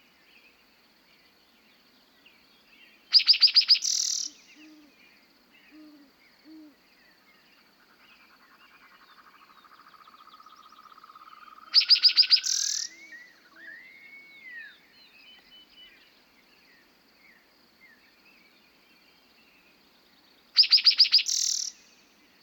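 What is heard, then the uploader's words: Spring birdsong on an open prairie at dawn: a loud, bright, buzzy trill bursts out three times, roughly every nine seconds. Between them, faint chirps and rising whistles sound, and soft low coos, likely a dove, sound early on. Dawn on an American Prairie. The warm meadowlark song drifts in the air. Awake and listening to spring birds, a meadowlark, a dove, the northern Montana prairie evokes timeless wonder. Montana, USA.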